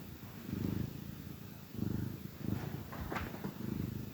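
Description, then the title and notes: Cat purring, a low rumble swelling and fading in short breathing cycles. Gentle purrs of a contented cat. "Cat Cafe Purr-Finale. the gentle purrs of a contented cat"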